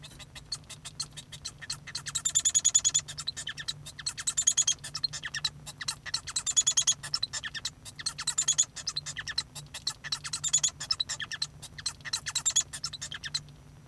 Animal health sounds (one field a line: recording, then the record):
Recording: song of a male Bengalese finch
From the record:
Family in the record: son of father 1